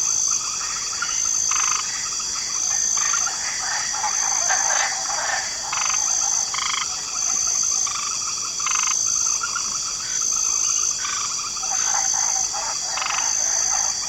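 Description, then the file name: Chorus of frogs with pulsed, rasping croaks recurring every second or two, blended with chirping insects and a constant high drone. Light chorus of frogs in a swamp ambience. "Swamp Ambience 2 Special Mix Light Chorus of Frogs"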